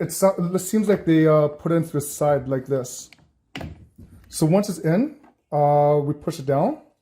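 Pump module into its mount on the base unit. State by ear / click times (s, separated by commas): not seated / none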